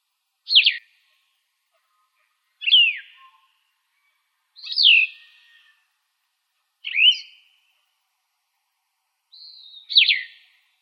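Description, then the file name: Plumbeous vireo giving short burry slurred phrases, each about half a second long, repeated roughly every two seconds, five phrases in all. "PLVI 9 deviche"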